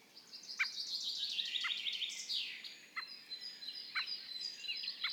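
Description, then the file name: Common blackbird calls, sharp clicking notes repeated about once a second, with bright, high chattering and warbling throughout. "Turdus merula"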